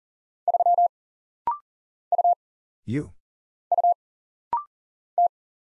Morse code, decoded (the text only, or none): 3 U U T